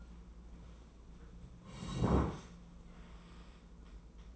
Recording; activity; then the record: daily activity, microphone in the room; sit down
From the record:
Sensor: 1